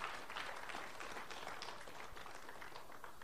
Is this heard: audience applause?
yes